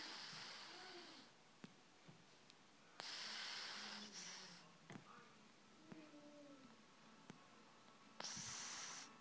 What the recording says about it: My snoring cat. It's curled up in the corner of the kitchen. Sounds like air's being let out of a tyre.